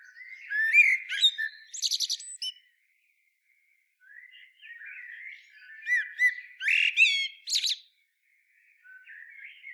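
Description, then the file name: Common blackbird song, two phrases separated by a pause, each a mellow warble followed by sharp high twittering notes. "Turdus merula"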